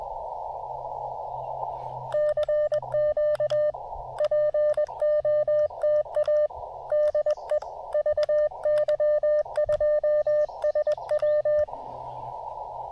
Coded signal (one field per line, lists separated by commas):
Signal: Morse code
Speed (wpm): 20 wpm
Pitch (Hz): 600 Hz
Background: none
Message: CQ POTA DE VY2SW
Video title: On the Air Before the Downpour: Real-Time QRP POTA at Cap Tourmente!